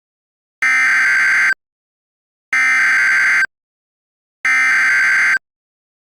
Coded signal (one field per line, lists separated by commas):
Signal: Emergency Alert System (SAME) tones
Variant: header bursts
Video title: EAS Scenario - CaseOh's Rampage (Part 2) (Remastered) (Season 1, Episode 2)